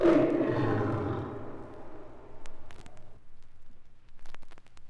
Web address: lions roaring